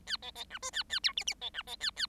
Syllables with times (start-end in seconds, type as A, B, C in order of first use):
0.07-0.17 A, 0.22-0.31 B, 0.35-0.45 B, 0.50-0.59 C, 0.62-0.70 D, 0.72-0.83 A, 0.89-0.99 A, 1.03-1.13 E, 1.17-1.24 F, 1.26-1.34 F, 1.41-1.50 B, 1.54-1.62 C, 1.67-1.76 B, 1.80-1.91 A, 1.96-2.06 A